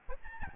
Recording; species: mosquito wingbeat signal from an infrared sensor; Aedes albopictus